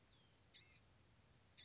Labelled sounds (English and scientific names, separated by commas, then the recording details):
Blue-gray Gnatcatcher (Polioptila caerulea)
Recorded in Sonoma County, California